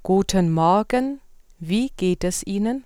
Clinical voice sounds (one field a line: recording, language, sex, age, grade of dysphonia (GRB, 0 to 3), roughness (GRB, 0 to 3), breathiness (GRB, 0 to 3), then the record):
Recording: spoken sentence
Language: German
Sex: female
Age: 30 to 39 years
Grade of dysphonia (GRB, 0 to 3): 1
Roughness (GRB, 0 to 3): 0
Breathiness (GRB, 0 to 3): 0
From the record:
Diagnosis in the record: functional dysphonia, phonasthenia (vocal fatigue)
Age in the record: 36 years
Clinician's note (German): Leichte Form, stroboskopisch o.B.